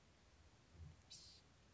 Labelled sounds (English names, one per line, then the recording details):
Blue-gray Gnatcatcher
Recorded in Sonoma County, California